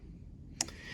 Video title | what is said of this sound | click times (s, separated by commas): Sewing a Zipper - Part 1 | and it snaps into place | 0.6 s